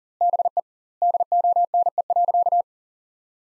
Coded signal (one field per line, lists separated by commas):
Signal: Morse code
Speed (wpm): 40 wpm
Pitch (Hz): 700 Hz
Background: none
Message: BE DONE.